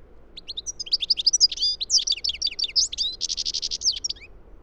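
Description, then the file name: European goldfinch singing one continuous run of fast, chattering high notes, ending in a harsh buzzy trill and a few final twitters. "Carduelis carduelis"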